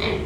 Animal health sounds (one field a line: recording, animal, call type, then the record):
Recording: contact call of a hoofed animal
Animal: pig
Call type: closed-mouth grunt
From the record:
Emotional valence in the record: positive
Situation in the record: food and toys in familiar pen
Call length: 0.26 s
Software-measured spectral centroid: 2140 Hz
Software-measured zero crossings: 2030 a second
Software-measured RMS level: -24 dBFS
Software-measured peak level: -11 dBFS